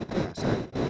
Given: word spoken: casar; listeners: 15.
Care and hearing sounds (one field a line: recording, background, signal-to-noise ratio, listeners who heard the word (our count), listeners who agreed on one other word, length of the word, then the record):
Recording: one Spanish word in noise, from a listening test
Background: noise modulated by one talker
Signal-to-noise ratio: -12.7 dB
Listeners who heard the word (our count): 0 of 15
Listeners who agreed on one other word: 8 of 15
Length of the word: 0.50 s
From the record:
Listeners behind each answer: 8, 1, 1, 1, 1, 1, 1, 1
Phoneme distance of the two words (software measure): 7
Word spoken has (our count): 2 syllables, 5 phonemes, stress on syllable 2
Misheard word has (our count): 2 syllables, 4 phonemes, stress on syllable 1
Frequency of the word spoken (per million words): 5.36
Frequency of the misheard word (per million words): 557.58